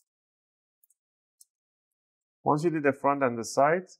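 The plastic snap clips of an Acer Aspire 5 A514-53-56UF laptop bottom cover pop loose from the palm rest as prying continues along the side after the front. Small clicks sound at 0.8 s, 0.9 s and 1.4 s, and someone talks from about 2.5 s. More side clips are released.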